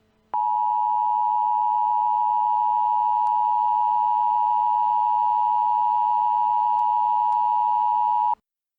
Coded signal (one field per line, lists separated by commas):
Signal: Emergency Alert System (SAME) tones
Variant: 853 and 960 Hz attention tone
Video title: Scp 096 eas mock